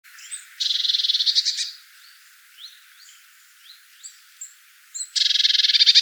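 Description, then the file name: Eurasian blue tit giving buzzy, rattling churrs, one lasting about a second early on and another near the end, with faint high chirps between. "Cyanistes caeruleus"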